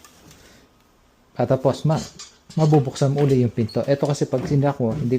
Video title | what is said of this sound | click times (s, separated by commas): Electrolux door problem, fix temporary to used the machine | Mag-e-engage siya pag ni-lock mo 'to | 0.1 s